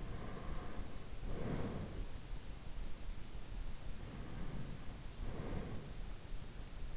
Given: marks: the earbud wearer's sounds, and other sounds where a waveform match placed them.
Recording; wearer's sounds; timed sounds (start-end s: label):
sounds in sleep by an in-ear microphone; breath
0.00-2.27 s: breath
3.82-6.22 s: breath